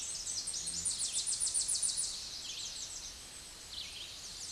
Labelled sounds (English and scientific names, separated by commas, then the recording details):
Tennessee Warbler (Leiothlypis peregrina) song
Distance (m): 15 m
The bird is about 10 m above the microphone
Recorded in a Pennsylvania forest on 16 May 2024 at 09:56
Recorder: AudioMoth, point MSD-1401
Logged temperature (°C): 16.4 °C
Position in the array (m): 68 m, 164 m